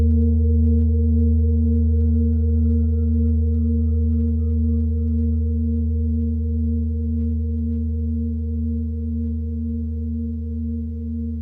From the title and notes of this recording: Tibetan Singiing Bowl のサウンドヒーリングチャンネル LIVE.